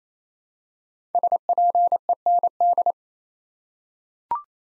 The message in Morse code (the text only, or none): SPEND